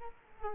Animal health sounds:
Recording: mosquito wingbeat signal from an infrared sensor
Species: Culex quinquefasciatus

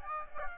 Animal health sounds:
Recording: mosquito wingbeat signal from an infrared sensor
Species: Aedes aegypti

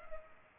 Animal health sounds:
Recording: mosquito wingbeat signal from an infrared sensor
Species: Culex pipiens

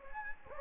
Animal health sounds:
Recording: mosquito wingbeat signal from an infrared sensor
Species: Anopheles gambiae

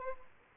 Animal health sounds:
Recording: mosquito wingbeat signal from an infrared sensor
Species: Aedes albopictus

